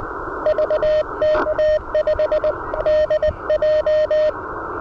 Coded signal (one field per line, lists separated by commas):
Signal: Morse code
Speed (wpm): 18 wpm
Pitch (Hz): 610 Hz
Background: radio noise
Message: VK5DJ